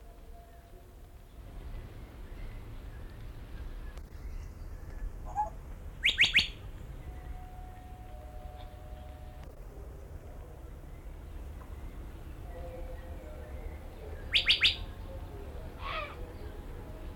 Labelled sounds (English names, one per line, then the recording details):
Grey Parrot call
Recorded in captivity
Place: Zoo Berlin, Berlin, DE
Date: 1992-07-11 10:30
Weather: bedeckt, z.T. Regen, 17-22°C
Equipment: Marantz CP 430, Sennheiser ME 80, Kopie Tesla B 116
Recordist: Tembrock, Günter